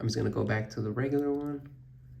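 Someone talks while handling the plastic regular hair piece of an S.H.Figuarts Son Goku Innocent Challenger action figure, swapping back to it before pressing it onto the figure's head. The speech fades to a quiet tail near the end, and nothing has seated or clicked yet.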